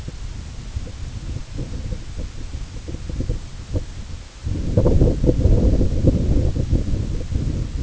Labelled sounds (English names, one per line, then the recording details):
none
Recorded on Arctic tundra, site IGLO-A, on 16 June 2018
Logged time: 13:59